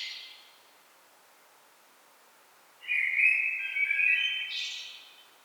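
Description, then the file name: Common blackbird song: the end of a high twitter, a pause, then a mellow fluted phrase finishing in thin, high squeaky notes. "Turdus merula"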